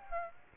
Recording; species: mosquito wingbeat signal from an infrared sensor; Aedes aegypti